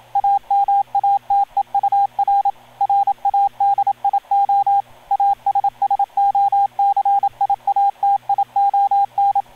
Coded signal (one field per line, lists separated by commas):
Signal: Morse code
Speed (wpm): 27 wpm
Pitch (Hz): 800 Hz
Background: radio noise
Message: AMATEUR RADIO ASSOCIATION